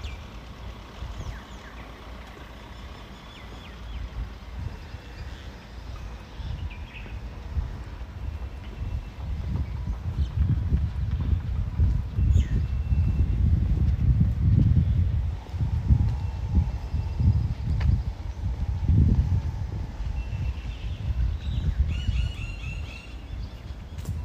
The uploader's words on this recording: Tel Aviv City Sounds. Walking In Ramat Aviv, Israel. Walking Around The Tel Aviv University.